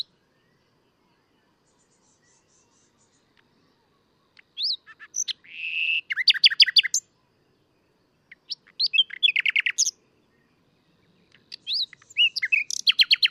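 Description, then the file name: Common nightingale singing three separate phrases after a quiet start, mixing whistles, a buzzy trill and fast repeated clicking notes, with short pauses between. "Luscinia megarhynchos"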